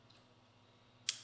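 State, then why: Torque reached. A ratcheting crimp tool with jaws made for OEM-style colored connectors squeezes a small metal wire terminal connector for a Kawasaki F5 stator wiring loom. After a faint tick near 0.1 s and a low steady hum, a sharp, bright ratchet click lands at 1.1 s. The ratchet holds position as the handles tighten and releases at full compression.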